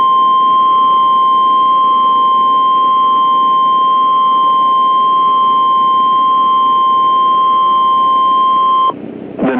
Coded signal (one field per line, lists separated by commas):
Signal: Emergency Alert System (SAME) tones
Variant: 1050 Hz attention tone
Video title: EAS Shorts: Severe Thunderstorm Watch